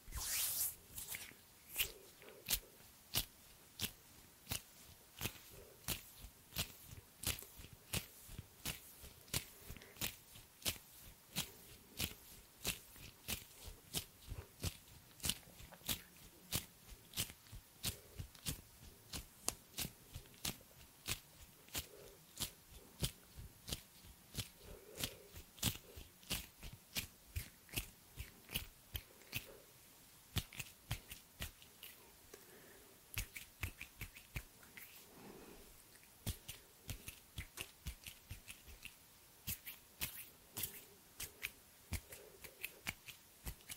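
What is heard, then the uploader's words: Hand sounds: a long run of sharp clicks and taps, close to evenly spaced at roughly two or three per second, each bright and crisp. Between them sit softer rubbing and brushing noises, with occasional faint mid-pitched murmurs but no speech. ASMR Hand sounds No talking.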